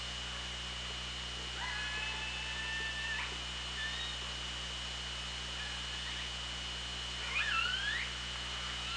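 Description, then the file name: Killer whale call: a long, flat, harmonic call held for nearly two seconds, then brief upswept calls near seven seconds, over constant underwater hiss. Hydrophone at OrcaLab, 24 August 2017, 18:23. "Orca Lab UTLN JASON 20170824 182356"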